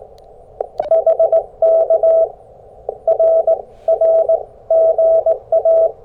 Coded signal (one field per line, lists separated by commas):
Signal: Morse code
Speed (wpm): 18 wpm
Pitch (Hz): 650 Hz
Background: none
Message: HK R R GA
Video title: Quick CW POTA Activation After Work | Kentucky Horse Park #qrp #cw #parksontheair